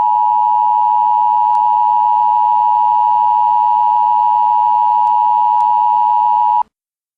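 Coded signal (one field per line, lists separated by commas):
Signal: Emergency Alert System (SAME) tones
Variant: 853 and 960 Hz attention tone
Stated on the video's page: Simulated tornado warning/emergency alert for Milwaukee, made as a realistic or extreme scenario, not a real broadcast.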